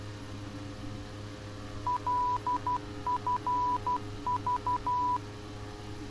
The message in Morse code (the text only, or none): LFV